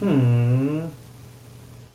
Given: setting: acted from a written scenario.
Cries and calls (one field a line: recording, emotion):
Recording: vocal sound without words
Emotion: romantic love